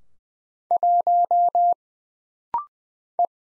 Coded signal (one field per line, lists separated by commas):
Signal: Morse code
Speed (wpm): 20 wpm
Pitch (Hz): 700 Hz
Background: none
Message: 1 E